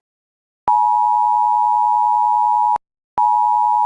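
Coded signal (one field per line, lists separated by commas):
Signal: Emergency Alert System (SAME) tones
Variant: 853 and 960 Hz attention tone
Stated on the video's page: Simulated EAS scenario about a solar eclipse.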